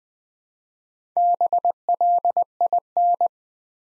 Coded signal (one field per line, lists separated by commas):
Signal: Morse code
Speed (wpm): 20 wpm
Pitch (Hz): 700 Hz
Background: none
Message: BLIN